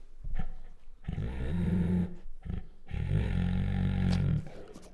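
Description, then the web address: Bengal tiger growling low and rumbling in two long bouts with a brief pause, deep and gravelly. Female, soft growls. "Sound Ideas Tigers Sound Effects"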